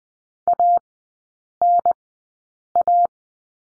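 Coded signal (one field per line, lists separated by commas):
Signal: Morse code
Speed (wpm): 20 wpm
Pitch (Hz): 700 Hz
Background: none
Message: ANA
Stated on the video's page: Morse code course lesson drill on letter N, three-character groups, Farnsworth speed 20/10 wpm.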